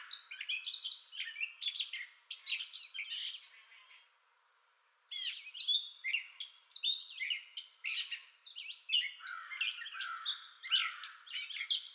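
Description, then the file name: Gray catbird song, rapid squeaky and chattering phrases, broken by a brief pause of about a second before the jumbled warbling resumes. Entire song bout, 30 May 2021. "2021-05-30 Gray Catbird Entire Song Bout"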